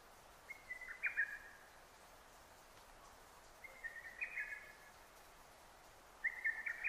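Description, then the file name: Lesser cuckoo singing three whistled phrases of quick, staccato notes, spaced roughly three seconds apart against a low hiss. Recorded 6 June 2009. "hototogisu 20090606"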